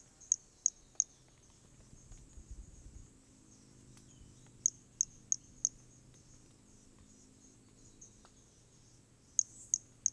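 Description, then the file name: Hermogenes' pumpkin toadlet giving short bursts of three or four sharp, high ticking notes, separated by quiet gaps of a few seconds, against a faint insect drone. Recorded specimen from Corcovado; specimen one and two mentioned; starting notes lost, recorded without interruption. "Brachy hermogenesi Corcovado specimen one two starting notes lost without interruption"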